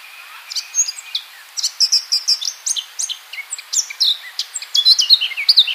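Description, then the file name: Eurasian blackcap song, a steady run of sharp chipping notes and clear whistles forming a fast, varied warble. "Sylvia atricapilla"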